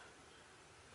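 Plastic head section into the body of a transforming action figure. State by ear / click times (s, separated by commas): not seated / none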